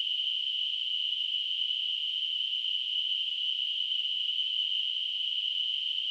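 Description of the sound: A simulated tinnitus sound: a steady, continuous high-pitched narrowband hiss centred around 3 kHz, unchanging in loudness throughout.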